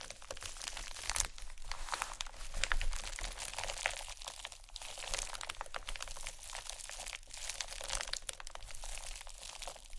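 Dense crinkling and scratching runs through the whole ten seconds, bright and crackly with many tiny snaps packed close together. A few sharper ticks and taps stand out near the start and around two and seven seconds. A low steady hum sits underneath throughout.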